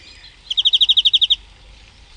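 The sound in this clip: European greenfinch trill: one quick series of about eleven clear, evenly spaced notes lasting under a second, in otherwise quiet surroundings.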